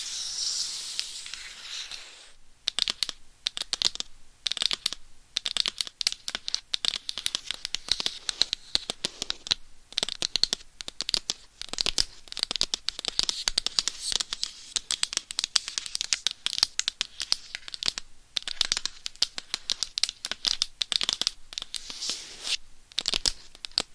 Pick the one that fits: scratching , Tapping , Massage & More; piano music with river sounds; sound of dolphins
scratching , Tapping , Massage & More